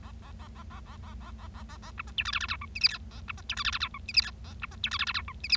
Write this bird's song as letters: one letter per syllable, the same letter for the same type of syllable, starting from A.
A A A A A A A A A A A A B C D E F F G H I J K A B C D E F F G H I J K A B C D E F F G H I J